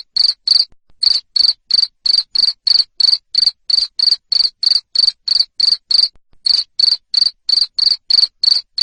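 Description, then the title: Cricket giving steady high chirps, roughly three each second, with two brief gaps in the sequence. Loud cricket chirping played to make lovebirds sing ngekek continuously. "Suara JANGKRIK NGERIK Keras Bikin LOVEBIRD Jadi NGEKEK Terus Vubey"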